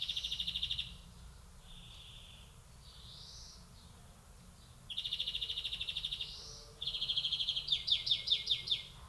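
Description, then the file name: European greenfinch pairs a buzzy trill with soft, rising wheezes, then returns with another trill and a string of rapid falling chirps. "Chloris chloris"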